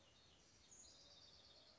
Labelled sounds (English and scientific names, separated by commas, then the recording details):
House Wren (Troglodytes aedon)
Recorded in Sonoma County, California